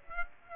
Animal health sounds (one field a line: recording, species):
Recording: mosquito wingbeat signal from an infrared sensor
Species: Aedes aegypti